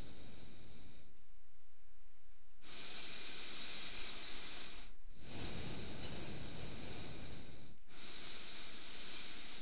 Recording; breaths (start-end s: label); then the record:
nose breathing near a microphone
0.00-1.20 s: exhalation
2.50-5.14 s: inhalation
5.14-7.84 s: exhalation
7.84-9.62 s: inhalation
From the record:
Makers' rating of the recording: medium